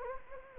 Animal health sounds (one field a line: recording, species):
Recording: mosquito wingbeat signal from an infrared sensor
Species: Anopheles gambiae